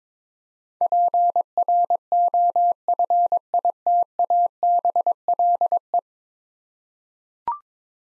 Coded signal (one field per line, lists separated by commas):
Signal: Morse code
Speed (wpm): 22 wpm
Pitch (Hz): 700 Hz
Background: none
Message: PROFITABLE